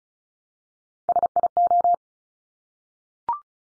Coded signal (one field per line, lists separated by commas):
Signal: Morse code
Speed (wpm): 36 wpm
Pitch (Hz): 700 Hz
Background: none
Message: SIO